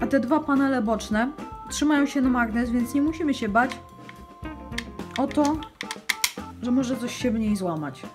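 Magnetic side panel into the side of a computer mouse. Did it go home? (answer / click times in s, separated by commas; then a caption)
no / none. A magnetic plastic side panel, fitted back onto the side of a SteelSeries Rival 600 gaming mouse after weights were added in its sides, is handled while someone talks over background music. A few brief knocks from handling sound around 4 to 5 seconds, but nothing has seated or clicked yet.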